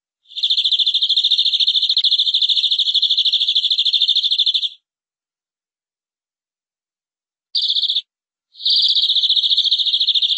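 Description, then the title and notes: Canary song, a sustained rapid high trill, then a long silence and a brief fragment, before another even trill begins. "BM Suara Kenari. BM Suara Burung Kenari"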